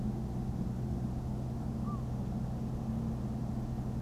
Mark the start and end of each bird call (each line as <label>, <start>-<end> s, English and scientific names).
Great Bittern (Botaurus stellaris), 1.84-2.02 s